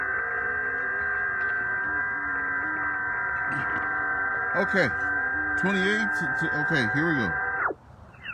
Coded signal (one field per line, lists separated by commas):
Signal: FT8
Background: speech